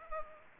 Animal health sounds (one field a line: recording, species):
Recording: mosquito wingbeat signal from an infrared sensor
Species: Culex pipiens